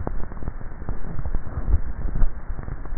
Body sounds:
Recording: swallowing sounds by neck microphone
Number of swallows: 1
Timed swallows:
1.62-2.25 s: swallow
From the record:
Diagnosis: dysphagia

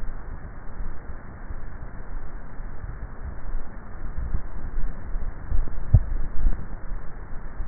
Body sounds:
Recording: swallowing sounds by neck microphone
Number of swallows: 1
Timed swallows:
5.58-6.55 s: swallow
From the record:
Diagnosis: dysphagia

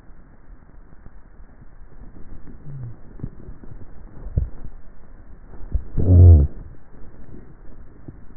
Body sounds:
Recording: swallowing sounds by neck microphone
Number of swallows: 2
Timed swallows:
4.08-4.62 s: swallow
5.52-6.02 s: swallow
From the record:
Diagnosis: dysphagia

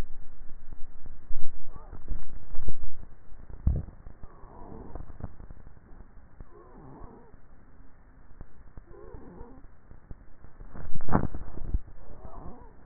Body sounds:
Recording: swallowing sounds by neck microphone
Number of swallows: 2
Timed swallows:
1.88-2.95 s: swallow
11.03-11.95 s: swallow
From the record:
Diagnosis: dysphagia

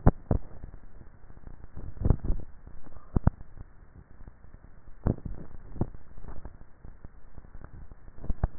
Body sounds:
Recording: swallowing sounds by neck microphone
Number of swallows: 2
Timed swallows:
2.05-3.15 s: swallow
5.75-6.55 s: swallow
From the record:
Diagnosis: dysphagia

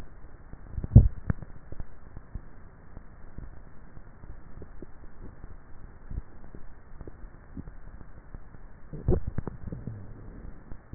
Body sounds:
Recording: swallowing sounds by neck microphone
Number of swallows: 2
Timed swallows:
0.78-1.45 s: swallow
9.02-9.58 s: swallow
From the record:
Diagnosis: dysphagia

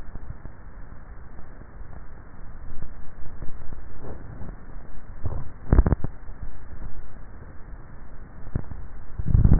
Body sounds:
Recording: swallowing sounds by neck microphone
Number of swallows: 1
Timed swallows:
5.08-5.88 s: swallow
From the record:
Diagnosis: dysphagia

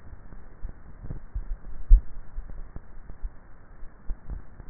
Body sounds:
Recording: swallowing sounds by neck microphone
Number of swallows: 1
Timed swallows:
1.95-2.45 s: swallow
From the record:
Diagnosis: dysphagia

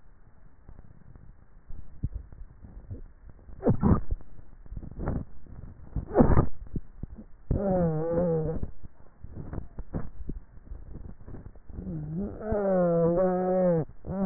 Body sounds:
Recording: swallowing sounds by neck microphone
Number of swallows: 4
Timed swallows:
1.83-3.13 s: swallow
4.20-4.97 s: swallow
6.63-7.40 s: swallow
10.20-10.93 s: swallow
From the record:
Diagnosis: dysphagia

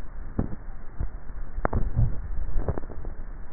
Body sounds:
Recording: swallowing sounds by neck microphone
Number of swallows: 1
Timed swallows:
1.68-2.68 s: swallow
From the record:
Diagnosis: dysphagia

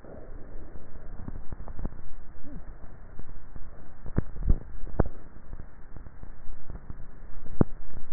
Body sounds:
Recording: swallowing sounds by neck microphone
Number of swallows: 1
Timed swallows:
4.20-5.13 s: swallow
From the record:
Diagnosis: dysphagia

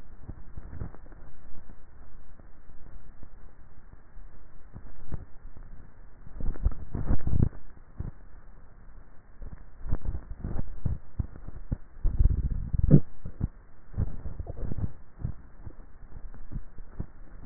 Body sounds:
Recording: swallowing sounds by neck microphone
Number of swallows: 3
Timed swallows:
6.58-7.62 s: swallow
9.98-11.62 s: swallow
14.12-15.70 s: swallow
From the record:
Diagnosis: dysphagia

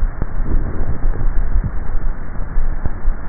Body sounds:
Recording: swallowing sounds by neck microphone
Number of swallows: 1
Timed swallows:
1.35-2.05 s: swallow
From the record:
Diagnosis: dysphagia

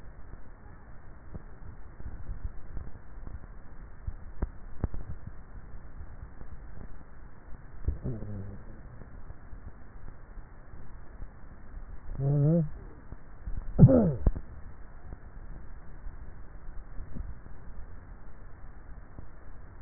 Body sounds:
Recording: swallowing sounds by neck microphone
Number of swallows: 3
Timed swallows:
2.12-2.85 s: swallow
5.08-5.75 s: swallow
17.12-17.78 s: swallow
From the record:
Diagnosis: dysphagia

